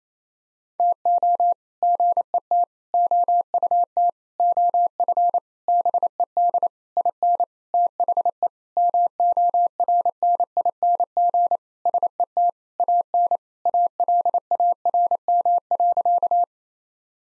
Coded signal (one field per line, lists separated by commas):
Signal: Morse code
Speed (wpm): 28 wpm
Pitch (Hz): 700 Hz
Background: none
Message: TO GET OUT OF BED IN THE MORNING SET AN ALARM.